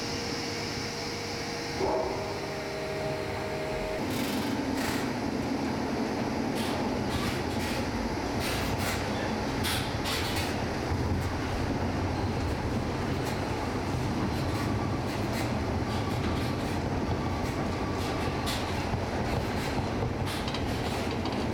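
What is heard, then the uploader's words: A revolving drum turns with a steady, dense rumble that stays even throughout. For the first four seconds a faint steady hum rides on top, then sharp clanks and knocks break through at irregular moments, some close together, over the constant low churning. See the Olivier theatre's drum revolve in action. The drum revolve in action.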